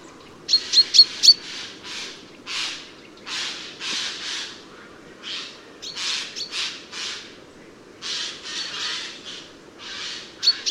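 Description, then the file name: Eurasian jay calling in a string of hoarse, noisy screeches, some in quick pairs, with brief thin high chips mixed in over faint low rumble. "Garrulus glandarius"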